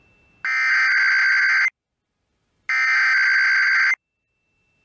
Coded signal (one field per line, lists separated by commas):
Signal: Emergency Alert System (SAME) tones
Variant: header bursts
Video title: The KUNA and IPAWS Time Zones Weeklies (EAS #23095-23102) 10/28/24